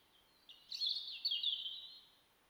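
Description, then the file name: European robin song: one sustained, high, liquid phrase of quick twittering notes lasting over a second. "Erithacus rubecula"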